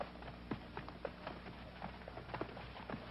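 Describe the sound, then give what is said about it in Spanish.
Arabian horses approach, their hooves clopping in an uneven, shuffling rhythm, a scattering of sharp knocks over a low steady rumble, with no voices. “Descienden de los caballos árabes de los primeros faraones y sus nombres son de estrellas.”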